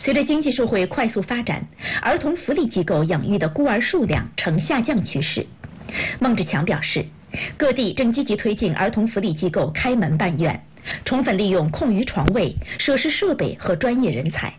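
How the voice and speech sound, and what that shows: A woman reads a news report in Mandarin about children's welfare institutions. Her delivery is fluent and steady, with a clear, moderately pitched voice and only brief pauses between phrases. This is ordinary speech with no sign of a voice or speech disorder.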